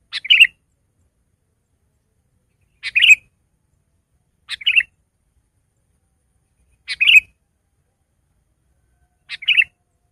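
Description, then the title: Sooty-headed bulbul repeating a brief bubbly phrase of a few chirped notes every few seconds, in a quiet setting. "kutilang"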